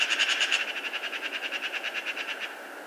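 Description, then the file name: Eurasian magpie chattering: a harsh, rapid rattle of dry notes running steadily throughout. "Pica pica"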